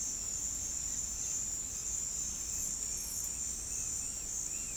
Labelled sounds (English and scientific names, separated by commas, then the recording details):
none
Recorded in pastures near Puerto Asís, Putumayo, Colombia, on 21 March 2025 at 17:00
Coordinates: 0.505, -76.324
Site GP08